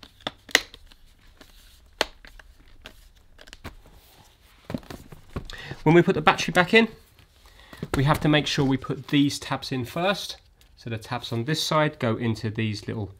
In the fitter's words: off the laptop and it's just going to click into place